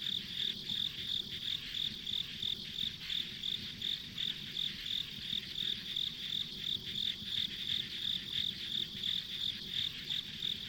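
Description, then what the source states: Insects chirping in a steady high-pitched pulsed chorus, about three chirps per second, over a continuous faint buzz and low background rumble. Ambient insect sounds on a rural country road.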